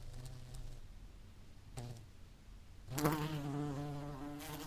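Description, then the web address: Bee buzz in flight, faint intermittent hum at first, then a louder steady droning buzz in the last seconds. "el agradable sonido del vuelo de una abeja"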